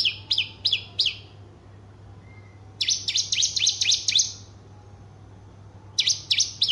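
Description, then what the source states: Horsfield's bush lark song of sharp, high chirps, first spaced, then in a quick run, then another brief burst, with steady low hum beneath. Called branjangan, a javanica bird singing its full repertoire of song material, described as outstanding.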